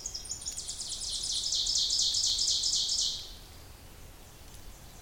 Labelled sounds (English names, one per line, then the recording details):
Ovenbird song
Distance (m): 25 m
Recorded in boreal forest in Alberta, Canada, on 26 May 2016 at 06:45
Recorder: SongMeter 3, array SBT-3-15
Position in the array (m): 29 m, 239 m
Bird 20